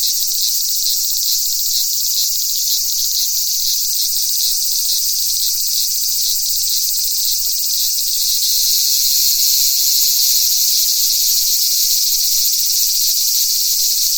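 Cicada chorus, a constant high hissing drone that grows slightly louder in the second half.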